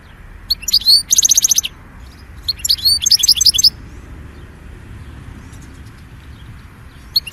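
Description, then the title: European goldfinch song: bright, high tinkling twitters and a fast buzzy trill in short bursts, then a long pause with faint low background hum. "Chant Chardonneret"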